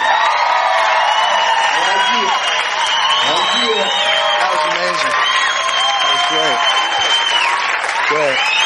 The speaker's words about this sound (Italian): Prendiamo anche gli applausi.